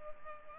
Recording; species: mosquito wingbeat signal from an infrared sensor; Culex pipiens